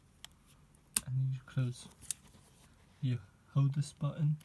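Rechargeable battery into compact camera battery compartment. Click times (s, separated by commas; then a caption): 0.2 s. A freshly charged rechargeable battery is pushed into the battery compartment of a Canon PowerShot SX260 HS compact camera, and the retaining latch gives a sharp, short click at 0.2 s. The battery is seated, and then someone talks.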